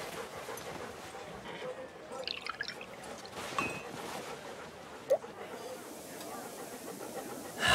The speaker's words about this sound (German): Ich werde jetzt etwas Tafelwasser in ein Schälchen gießen und eine der Pillen darin auflösen.